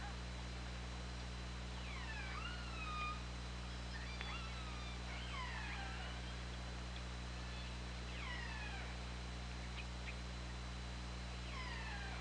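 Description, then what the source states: Killer whale calls, repeated downward-sweeping and curving harmonic calls every couple of seconds throughout, with constant low hum and background hiss. OrcaLab hydrophone recording, 24 August 2017, 20:21:32.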